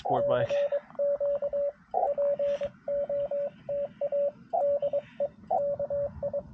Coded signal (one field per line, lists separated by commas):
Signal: Morse code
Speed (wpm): 23 wpm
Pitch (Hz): 560 Hz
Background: speech, radio noise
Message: CQ POTA DE KI